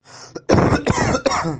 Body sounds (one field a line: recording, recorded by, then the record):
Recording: voluntary cough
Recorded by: messaging app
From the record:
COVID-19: positive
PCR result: self-reported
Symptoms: no